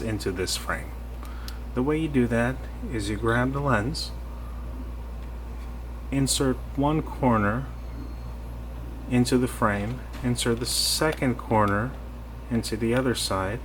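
A replacement lens for a Ray-Ban RB2132 New Wayfarer is grabbed and positioned before its first corner goes into the plastic frame rim, while someone talks over a steady low hum. The lens has not seated or clicked into the frame yet.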